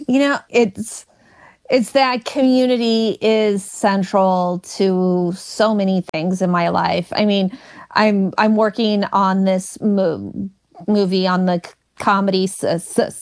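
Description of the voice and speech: Adult woman who stutters speaking in an interview, with word repetitions, prolonged sounds and a drawn-out 'm' before a pause, typical of stuttering.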